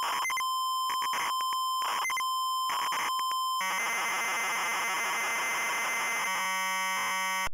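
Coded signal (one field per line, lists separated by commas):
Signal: ZX Spectrum tape loading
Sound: harsh steady square-wave lead tone broken by noise bursts, then dense buzzing data screech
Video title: Rakitic ya es del Barcelona (ZX Spectrum) - Loading screen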